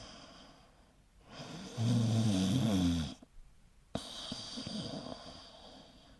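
A single loud, low rattling snore on the in-breath lasts about two seconds and builds quickly. A quieter, breathy out-breath follows after a short pause. This is typical adult snoring from vibration of the soft tissues of the throat during sleep.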